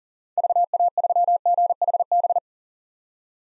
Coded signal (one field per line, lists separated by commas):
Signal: Morse code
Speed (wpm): 40 wpm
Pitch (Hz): 700 Hz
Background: none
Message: VA3GHB